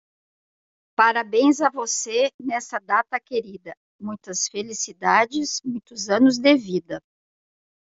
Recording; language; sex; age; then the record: short text; Brazilian Portuguese; female; 50 to 59 years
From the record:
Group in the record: control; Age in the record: 57 years